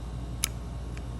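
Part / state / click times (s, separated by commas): reset tool into smart key lock cylinder / seated / 0.4 s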